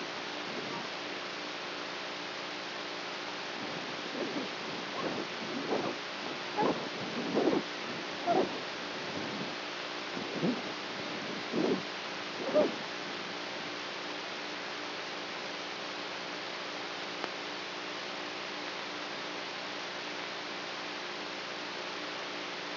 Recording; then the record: brain microelectrode recording played as sound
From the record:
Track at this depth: inside the subthalamic nucleus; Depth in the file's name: 1.805 mm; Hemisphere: right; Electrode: 3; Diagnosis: Parkinson's disease